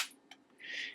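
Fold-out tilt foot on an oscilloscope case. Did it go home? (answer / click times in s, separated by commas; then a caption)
yes / 0.3 s. A fold-out tilt foot on the underside of the plastic case of a Rigol DHO814 oscilloscope is flipped out until it locks. A short, sharp click at 0.3 s marks the foot snapping into place, between a fading hiss at the start and a broad hiss from about 0.6 to 0.9 s. The foot is seated and locked.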